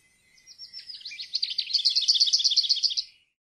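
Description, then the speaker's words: Lesser Whitethroat singing a short, quiet scratchy warble that turns into a loud, rapid, evenly repeated rattling phrase, ending abruptly after about three seconds. Song ends in a clattering, rattling phrase likened to a mill's clatter, origin of the Norwegian name møller ('miller'). "Møllerens klaprende sangavslutning har gitt opphav til dens navn."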